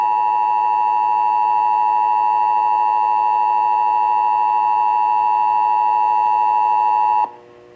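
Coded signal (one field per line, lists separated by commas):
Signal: Emergency Alert System (SAME) tones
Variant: 853 and 960 Hz attention tone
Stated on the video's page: Texas Required Monthly Test heard on radio and TV stations WBAP, KSCS, KDAF, KDFW, KTVT, WFAA and KXAS.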